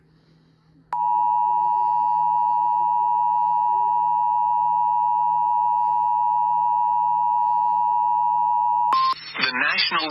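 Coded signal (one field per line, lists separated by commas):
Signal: Emergency Alert System (SAME) tones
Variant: 853 and 960 Hz attention tone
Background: speech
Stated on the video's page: Tornado warning EAS tones received on NOAA weather radio station WXK23.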